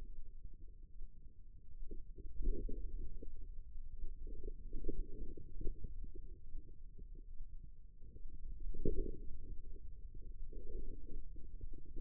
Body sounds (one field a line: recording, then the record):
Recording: forearm muscle sounds (acoustic myography)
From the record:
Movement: radial deviation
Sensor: system 2, bracelet of six BSWA MPA416 microphones around the upper forearm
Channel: 3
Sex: female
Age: 25 years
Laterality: right